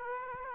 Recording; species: mosquito wingbeat signal from an infrared sensor; Aedes aegypti